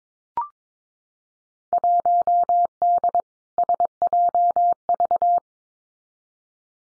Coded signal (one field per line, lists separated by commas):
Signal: Morse code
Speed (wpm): 22 wpm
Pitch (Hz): 700 Hz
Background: none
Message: 1D SJV